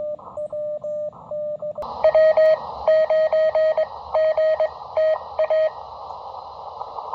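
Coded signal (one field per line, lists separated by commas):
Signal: Morse code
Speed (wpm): 21 wpm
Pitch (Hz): 3150 Hz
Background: radio noise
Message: W9GTA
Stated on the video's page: QRP Morse during a POTA park activation.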